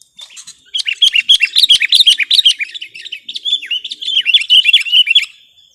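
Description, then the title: Sooty-headed bulbul song: one long, fast stream of sharp chirps and slurred whistles, tumbling on for about five seconds before fading. "kutilang"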